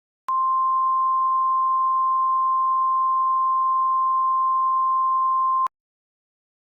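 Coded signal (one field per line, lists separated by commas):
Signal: Emergency Alert System (SAME) tones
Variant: 1050 Hz attention tone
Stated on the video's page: Fictional EAS scenario.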